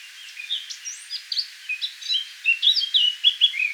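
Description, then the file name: Eurasian blackcap song, a rapid run of varied chirps and warbled notes, many rising and falling, continuing for nearly four seconds. "Sylvia atricapilla"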